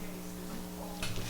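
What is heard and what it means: An allen key socket on a torque wrench is torquing steel ARP head stud nuts, which have an allen key in the top, on the cylinder head of a B18 engine block in an EG hatch. Against a steady low hum, the socket gives way with a single sharp snap at 1.0 s. The socket strips, bending because it could not handle the torque.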